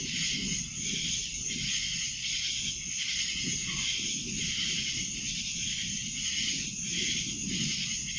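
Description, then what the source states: Cicadas droning together, an unbroken high-pitched buzz pulsing slightly in intensity, with low rumbling noise beneath. Recorded in Annapolis in July 2012; several cicadas.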